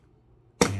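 After its combination dials are decoded, a metal key lock box is opened and its lid latch releases from the box body. A single sharp hit sounds at 0.6 s out of near silence, and a steady lower sound lingers to the end of the clip. The latch has released and the lid pops open.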